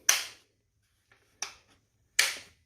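The top cover fasteners are pushed into the body of a Husqvarna 555 chainsaw after its air filter has been changed. Two sharp snaps are heard at 0.1 s and 2.2 s, with a softer snap at 1.4 s between them. The cover's fasteners are seated and the saw is ready to go.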